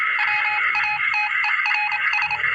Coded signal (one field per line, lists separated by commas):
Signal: Morse code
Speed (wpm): 27 wpm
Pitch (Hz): 2500 Hz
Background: none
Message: WATERS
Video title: MORSE CODE